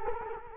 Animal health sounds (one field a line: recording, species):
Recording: mosquito wingbeat signal from an infrared sensor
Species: Culex quinquefasciatus